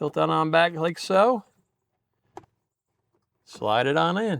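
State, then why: Not seated. An instrument cluster for a 2005–2014 Challenger, Charger or Magnum is tilted back and slid into its dashboard opening while someone talks. A single brief, faint tap is heard at about 2.4 s in an otherwise quiet gap. The cluster has not seated or clicked into place yet.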